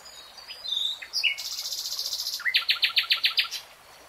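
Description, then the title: Nightingale song: brief whistles, then a dense high buzzy trill followed by several loud, evenly repeated chirping notes. Nightingale singing in real time. "[Tiếng chim hót] 3 Hours REALTIME Nightingale Singing"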